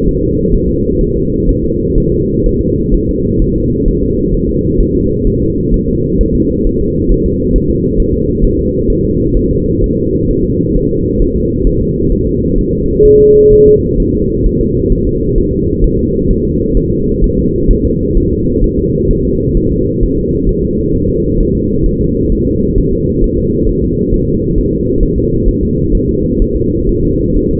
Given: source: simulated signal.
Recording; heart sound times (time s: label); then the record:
fetal heart sounds
0.08 s: S1
0.23 s: S2
0.54 s: S1
0.69 s: S2
1.01 s: S1
1.16 s: S2
1.49 s: S1
1.64 s: S2
1.98 s: S1
2.12 s: S2
2.46 s: S1
2.61 s: S2
2.94 s: S1
3.09 s: S2
3.42 s: S1
3.56 s: S2
3.88 s: S1
4.03 s: S2
4.34 s: S1
4.49 s: S2
4.80 s: S1
4.95 s: S2
5.27 s: S1
5.42 s: S2
5.74 s: S1
5.88 s: S2
6.21 s: S1
6.35 s: S2
6.67 s: S1
6.81 s: S2
7.11 s: S1
7.26 s: S2
7.56 s: S1
7.70 s: S2
8.00 s: S1
8.14 s: S2
8.44 s: S1
8.59 s: S2
8.90 s: S1
9.05 s: S2
9.37 s: S1
9.51 s: S2
9.84 s: S1
9.98 s: S2
10.31 s: S1
10.45 s: S2
10.77 s: S1
10.91 s: S2
11.22 s: S1
11.36 s: S2
11.67 s: S1
11.81 s: S2
12.12 s: S1
12.27 s: S2
12.58 s: S1
12.73 s: S2
13.05 s: S1
13.20 s: S2
13.53 s: S1
13.67 s: S2
14.00 s: S1
14.14 s: S2
14.46 s: S1
14.61 s: S2
14.92 s: S1
15.07 s: S2
15.38 s: S1
15.53 s: S2
15.84 s: S1
15.99 s: S2
16.30 s: S1
16.45 s: S2
16.77 s: S1
16.92 s: S2
17.24 s: S1
17.38 s: S2
17.71 s: S1
17.85 s: S2
18.17 s: S1
18.32 s: S2
18.64 s: S1
18.79 s: S2
19.11 s: S1
19.25 s: S2
19.57 s: S1
19.72 s: S2
20.03 s: S1
20.18 s: S2
20.49 s: S1
20.64 s: S2
20.95 s: S1
21.09 s: S2
21.40 s: S1
21.55 s: S2
21.86 s: S1
22.01 s: S2
22.32 s: S1
22.47 s: S2
22.78 s: S1
22.93 s: S2
23.24 s: S1
23.38 s: S2
23.69 s: S1
23.84 s: S2
24.14 s: S1
24.28 s: S2
24.58 s: S1
24.73 s: S2
25.03 s: S1
25.18 s: S2
25.48 s: S1
25.63 s: S2
25.95 s: S1
26.09 s: S2
26.42 s: S1
26.56 s: S2
26.89 s: S1
27.04 s: S2
27.36 s: S1
27.51 s: S2
From the record:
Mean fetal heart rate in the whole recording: 130 bpm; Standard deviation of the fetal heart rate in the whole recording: 4 bpm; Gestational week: 38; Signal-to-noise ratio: -10.2 dB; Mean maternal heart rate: 72 bpm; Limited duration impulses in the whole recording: present